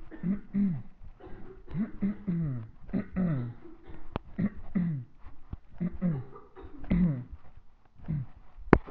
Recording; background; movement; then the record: throat clearing; a bystander coughing; walking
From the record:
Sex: male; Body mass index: 20.5 kg/m2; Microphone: on the chest, facing the body